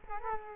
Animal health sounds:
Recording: mosquito wingbeat signal from an infrared sensor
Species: Culex quinquefasciatus

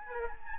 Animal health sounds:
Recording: mosquito wingbeat signal from an infrared sensor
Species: Aedes albopictus

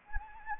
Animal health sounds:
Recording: mosquito wingbeat signal from an infrared sensor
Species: Anopheles arabiensis

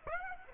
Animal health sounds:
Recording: mosquito wingbeat signal from an infrared sensor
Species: Aedes aegypti

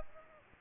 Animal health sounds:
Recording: mosquito wingbeat signal from an infrared sensor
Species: Aedes aegypti

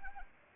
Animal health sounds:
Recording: mosquito wingbeat signal from an infrared sensor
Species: Anopheles arabiensis

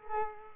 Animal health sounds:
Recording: mosquito wingbeat signal from an infrared sensor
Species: Culex quinquefasciatus

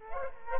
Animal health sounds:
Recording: mosquito wingbeat signal from an infrared sensor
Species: Culex quinquefasciatus

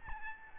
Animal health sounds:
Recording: mosquito wingbeat signal from an infrared sensor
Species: Aedes albopictus

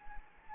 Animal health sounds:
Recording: mosquito wingbeat signal from an infrared sensor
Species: Anopheles gambiae

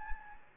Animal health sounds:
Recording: mosquito wingbeat signal from an infrared sensor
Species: Anopheles gambiae

